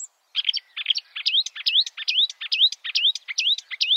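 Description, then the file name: Marsh warbler song, a steady string of rising whistled notes paired with short harsh ticks, repeated more than twice a second. "suara kicauan burung marsh warbler. omkicau"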